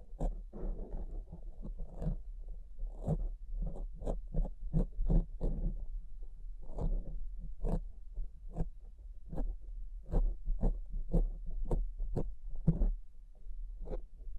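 Tapping and scratching sounds come in quick, fairly regular bursts throughout, each a short sharp hit with a brief crinkly or brushing tail. A steady low hum sits underneath the whole time, and the strikes stay dense with only small pauses near two and six seconds.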